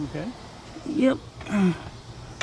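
A new gas hood strut end fitting is handled at the ball stud on the hood hinge of a Camaro, a hinge that may be bent a little. Someone talks over soft handling noise, with a brief sharper sound right at the end. Nothing has seated or clicked yet.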